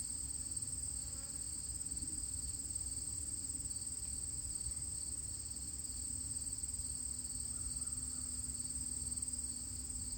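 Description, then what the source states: Steady high-pitched cricket trilling, unbroken from start to end, over soft low rumble and a brief faint note near the end. Recorded at the edge of a field on Thursday, August 31, 2023, the last day of August, about 12 miles from where E.B. White's crickets lived.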